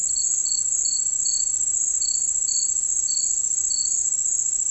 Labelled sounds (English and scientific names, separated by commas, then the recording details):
none
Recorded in dense forest near Puerto Asís, Putumayo, Colombia, on 13 March 2025 at 11:00
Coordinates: 0.485, -76.318
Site G056